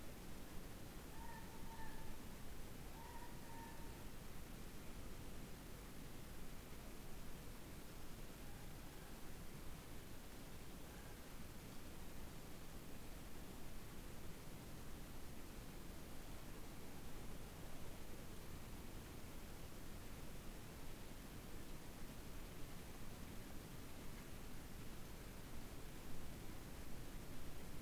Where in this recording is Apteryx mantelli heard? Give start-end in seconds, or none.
none